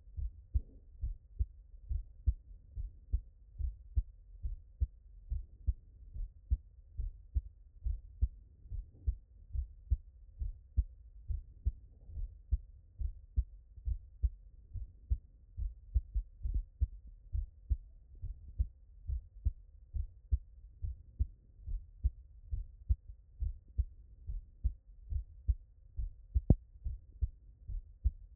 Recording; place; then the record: heart sounds by stethoscope; tricuspid valve (TV)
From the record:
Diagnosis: non-HFrEF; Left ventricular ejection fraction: 63%